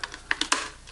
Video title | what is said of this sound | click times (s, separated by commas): Sony NP FM500H Kastar Replacement Battery Is It Worth It | all right you hear that snap crack on pop all righty | 0.3 s